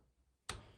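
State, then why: Torque reached. A torque wrench set to 30 ft-lb, with a socket on a linear muzzle compensator replacing an A2 flash hider, is turned to tighten the compensator onto the rifle barrel threads. After quiet, a single sharp broadband click from the wrench sounds at 0.5 s, followed by a short fading ring. The click confirms the compensator has reached the set torque.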